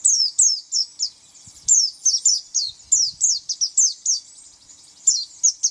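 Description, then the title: White-eye song, sharp high downslurred chirps given singly or in quick pairs, with short pauses between. "Pleci"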